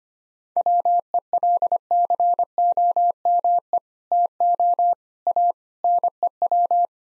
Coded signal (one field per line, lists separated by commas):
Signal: Morse code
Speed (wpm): 25 wpm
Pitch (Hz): 700 Hz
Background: none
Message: WELCOME TO A NEW